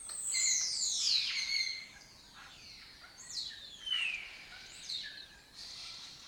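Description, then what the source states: Lesser kestrel calls, harsh falling screeches at the start, then a few downslurred notes. Colony of migratory raptors that took over an abandoned building in Doñana; breeds in southern Europe and spends its foraging time in West Africa.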